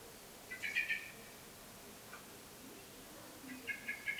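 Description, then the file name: Common blackbird calls as short, clicking chink notes in two quick bursts, one early and one near the end, with quiet background between. "Turdus merula"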